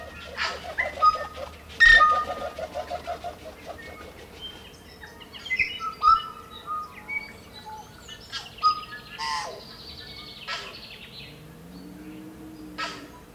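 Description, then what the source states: Tui song in a dawn chorus: sharp clicks, clear bell-like whistled notes and wheezy rasps in irregular bursts, with a low droning tone near the end and other birds around. Morning chorus of native birds, New Zealand.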